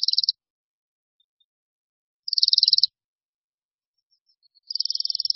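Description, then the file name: Bohemian waxwing calls: high, thin, buzzy trills, three bursts separated by silence. "Brkoslav-severní"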